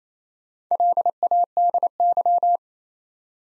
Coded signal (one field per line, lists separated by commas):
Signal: Morse code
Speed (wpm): 27 wpm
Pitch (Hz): 700 Hz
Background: none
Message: LADY